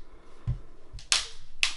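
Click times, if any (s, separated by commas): 1.1 s, 1.6 s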